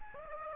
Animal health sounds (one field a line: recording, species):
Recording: mosquito wingbeat signal from an infrared sensor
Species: Aedes aegypti